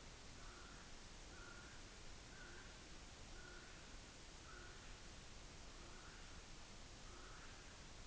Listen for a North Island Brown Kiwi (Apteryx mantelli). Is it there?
yes